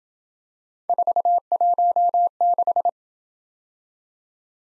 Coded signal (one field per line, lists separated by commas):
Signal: Morse code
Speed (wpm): 27 wpm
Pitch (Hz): 700 Hz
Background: none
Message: 416